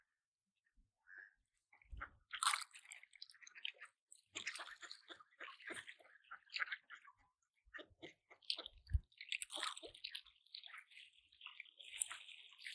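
Ducks feeding at a lake make busy, irregular crunching, splashing and dabbling sounds in quick bursts, with a couple of low thumps near two and nine seconds.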